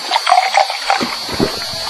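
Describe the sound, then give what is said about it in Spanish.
Villa del Sur water pours into a glass in a steady, splashy stream for about two seconds, with bubbly gurgles that rise in pitch as it fills. No one speaks. “Toma un vaso de agua que te ayuda a relajar para seguir tu día más activo”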